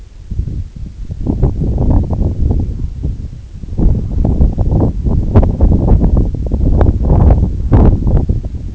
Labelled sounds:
none
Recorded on Arctic tundra, site NAIT-1, on 2 July 2019
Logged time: 02:00

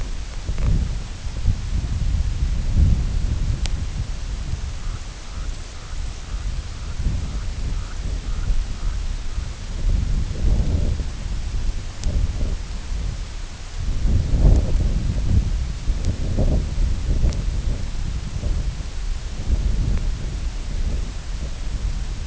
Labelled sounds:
White-rumped Sandpiper (Calidris fuscicollis)
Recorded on Arctic tundra, site IGLO-D, on 19 June 2018
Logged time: 14:00

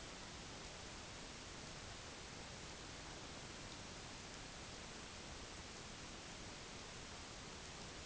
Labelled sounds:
none
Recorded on Arctic tundra, site UTQI-5, on 21 June 2018
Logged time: 08:00

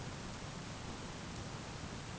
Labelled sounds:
none
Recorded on Arctic tundra, site ZACK-1, on 12 June 2019
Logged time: 05:49

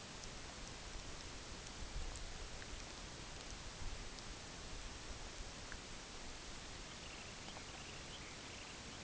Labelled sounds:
Long-billed Dowitcher (Limnodromus scolopaceus)
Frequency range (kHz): Long-billed Dowitcher (Limnodromus scolopaceus) 1.2-4.2 kHz
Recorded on Arctic tundra, site UTQI-8, on 15 June 2019
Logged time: 22:00

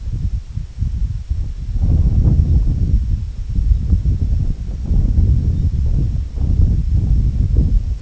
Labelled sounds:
Lapland Longspur (Calcarius lapponicus)
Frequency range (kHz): Lapland Longspur (Calcarius lapponicus) 3.4-4.2 kHz
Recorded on Arctic tundra, site IGLO-D, on 25 June 2018
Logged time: 06:00

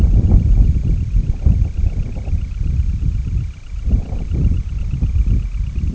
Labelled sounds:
Semipalmated Sandpiper (Calidris pusilla)
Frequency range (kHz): Semipalmated Sandpiper (Calidris pusilla) 0.9-3.1 kHz
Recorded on Arctic tundra, site IGLO-D, on 25 June 2018
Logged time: 06:00

